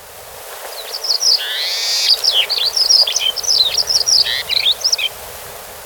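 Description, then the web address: Paramo Pipit song: a few high notes, a harsh buzzy burst, then a lively series of high, warbled, slurred notes. Recorded in Ecuador. "Natures Songs S America Birds of Ecuador. Paramo Pipit"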